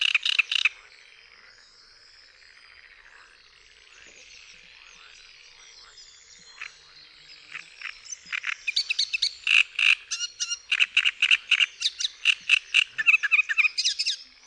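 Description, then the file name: Great reed warbler song: a brief harsh burst, a pause, then a long run of grating, croaky repeated notes, several per second. "TRZCINIAK"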